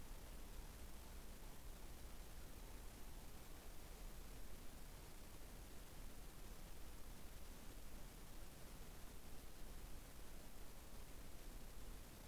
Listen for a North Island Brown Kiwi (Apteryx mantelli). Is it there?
no